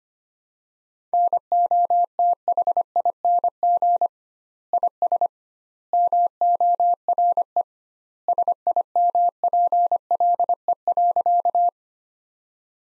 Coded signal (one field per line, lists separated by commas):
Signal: Morse code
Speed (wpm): 25 wpm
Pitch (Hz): 700 Hz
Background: none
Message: NOTHING IS MORE SIMPLE.